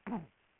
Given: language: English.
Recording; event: throat vibration sensor signal played as sound; throat clearing